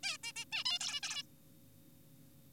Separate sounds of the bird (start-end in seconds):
0.03-0.18, 0.24-0.32, 0.36-0.45, 0.52-0.64, 0.66-0.79, 0.81-1.00, 1.03-1.23